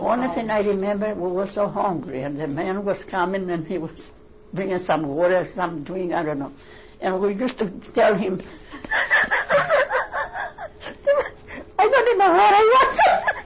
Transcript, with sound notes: The only thing I remember, we were so hungry, and the man was coming and he was bringing some water, some drink, I don't know. And we used to tell him, ( she laughs ) I didn't know what it